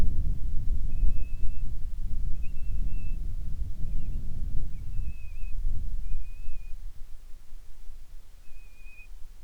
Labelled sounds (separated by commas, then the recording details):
bird, wind
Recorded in the Prudhoe Bay oil fields, Alaska, on 25 July 2019 at 02:02
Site 11